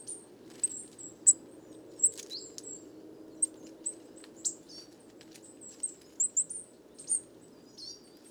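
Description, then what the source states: Coal tits giving sparse high, thin calls and short squeaky notes, separated by sharp clicks from handling, over a faint low hum. Flock of over 50 Coal tits, 29 September 2019, evening, Les Casses, Drôme; recorded in mono with a Wildtronic parabolic dish, which caused heavy handling noise.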